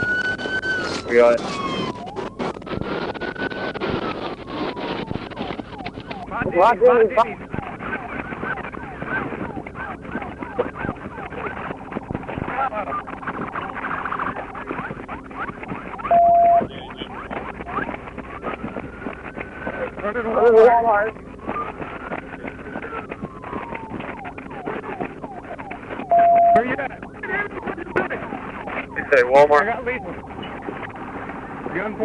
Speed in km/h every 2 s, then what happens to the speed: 0, 0, 0, 0, 0, 0, 0, 0, 0, 0, 0, 0, 0, 0, 0, 0.
0-32 standing.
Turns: none.